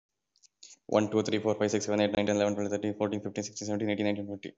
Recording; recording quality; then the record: counting at a fast pace; excellent, no background noise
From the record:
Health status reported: COVID-19 positive, mild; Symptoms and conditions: fever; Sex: male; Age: 40 years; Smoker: not ticked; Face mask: not worn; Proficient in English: no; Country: India